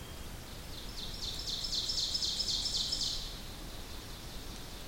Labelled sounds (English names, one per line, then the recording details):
Ovenbird song
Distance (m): 60 m
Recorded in boreal forest in Alberta, Canada, on 2 June 2016 at 06:37
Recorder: SongMeter 3, array SBT-3-7
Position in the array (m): 341 m, 105 m
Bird 44